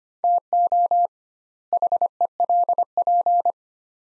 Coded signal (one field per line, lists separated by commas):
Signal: Morse code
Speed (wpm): 25 wpm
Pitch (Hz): 700 Hz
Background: none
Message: TO HELP